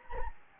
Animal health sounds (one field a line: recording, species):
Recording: mosquito wingbeat signal from an infrared sensor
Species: Anopheles gambiae